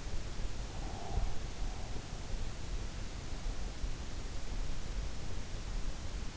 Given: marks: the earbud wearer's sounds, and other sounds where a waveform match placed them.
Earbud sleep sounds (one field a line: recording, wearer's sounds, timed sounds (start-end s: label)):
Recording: sounds in sleep by an in-ear microphone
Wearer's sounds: breath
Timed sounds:
0.21-2.34 s: breath